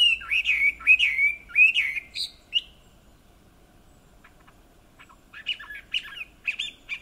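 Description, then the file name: Chinese hwamei song, loud looping whistled phrases, a brief pause, then softer clipped notes and chirps resuming. "Garrulax canorus"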